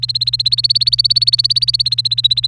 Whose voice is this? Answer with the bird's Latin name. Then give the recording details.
Serinus canaria. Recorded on 30 April 2018 at 05:54. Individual llb3